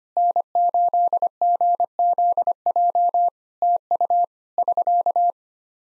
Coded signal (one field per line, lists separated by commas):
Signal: Morse code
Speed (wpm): 25 wpm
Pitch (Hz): 700 Hz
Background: none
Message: N8GZJ TU <SK>